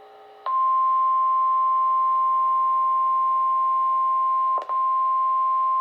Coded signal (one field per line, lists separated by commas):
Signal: Emergency Alert System (SAME) tones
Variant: 1050 Hz attention tone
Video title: 5/9/26 Severe Thunderstorm Warning for Chambers and Liberty Counties (EAS #43)